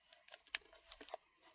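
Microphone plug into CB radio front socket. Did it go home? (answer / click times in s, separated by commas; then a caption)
yes / 0.5 s. A microphone cable plug is pushed into the socket on the front of a Cobra Mini CB radio until it latches and seats. Several small clicks and taps are heard, and the plug latches with a faint but sharp click at 0.5 s.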